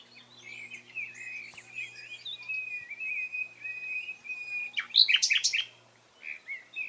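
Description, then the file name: Common nightingale singing: a long, wavering thin note lasting several seconds, then a short loud burst of sharp notes. "Luscinia megarhynchos"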